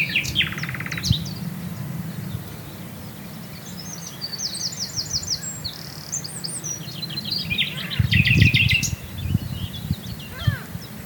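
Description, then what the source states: Common nightingale song of rapid stacked trills, buzzy rattles and brief chirps in varied phrases, with low rumbling noise beneath. Recorded at Swale.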